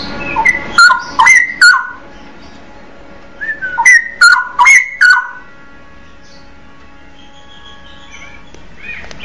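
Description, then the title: Oriental magpie-robin song: two bursts of clear whistled notes with sharp clicks and quick pitch jumps, followed by a stretch of near silence with faint notes. "Kicau Kacer"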